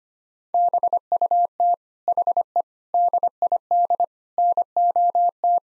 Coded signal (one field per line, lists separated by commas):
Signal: Morse code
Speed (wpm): 25 wpm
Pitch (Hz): 700 Hz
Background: none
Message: BUT HE DID NOT